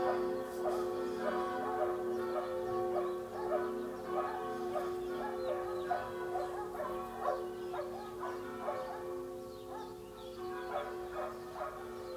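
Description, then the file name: Dogs barking repeatedly over a sustained ringing bell tone. Dogs barking when church bells ring. "when the church bells ring the dogs bark"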